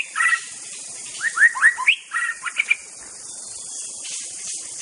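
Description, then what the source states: White-rumped shama: songbird giving short whistled and slurred notes for about three seconds, some rising, followed by quiet background hiss. Forest-type white-rumped shama.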